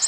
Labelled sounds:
Nashville Warbler (Leiothlypis ruficapilla) flight call

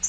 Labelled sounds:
Yellow-rumped Warbler (Setophaga coronata) flight call

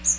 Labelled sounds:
Magnolia Warbler (Setophaga magnolia) flight call

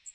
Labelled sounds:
Magnolia Warbler (Setophaga magnolia) flight call

